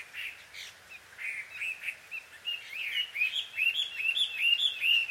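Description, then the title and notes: Bird chirping, rough squawky notes at first that build into a fast series of bright squeaks toward the end. Bird pair quarrelling at dusk in Takao, Japan. "鳥の夫婦喧嘩 – Birds Quarrel At Dusk. Recorded in Takao Japan"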